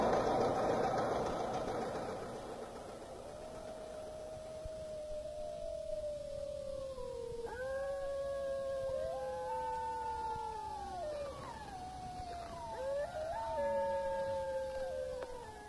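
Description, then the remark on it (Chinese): A pack of wolves howls together, long wavering cries rising and falling in pitch and overlapping one another, preceded by a brief burst of rushing noise at the start. “等着喂狼吧。”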